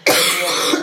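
One short, harsh, noisy cough burst from an adult woman, a dry cough during laryngitis with coughing fits.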